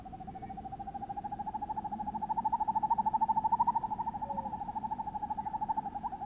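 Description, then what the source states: Northern hawk-owl giving a long, rapid trilled hoot, steady fast pulses blurring into a rolling tremolo that swells then eases, low background hiss. Hooting of two males.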